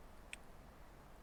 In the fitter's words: it locks in place the motion for the grigri is the exact same pull